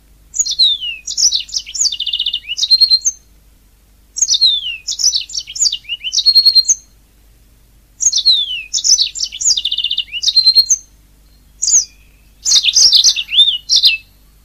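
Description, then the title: Oriental magpie-robin song: loud, varied whistled phrases with sweeping notes and rapid trills, delivered in bursts of mostly two to three seconds separated by short pauses. "Kicau Kacer"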